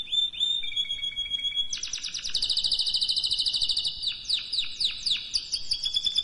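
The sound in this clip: Canary song starting with clear sustained whistles, then a fast pulsing high trill and a string of quick looping notes.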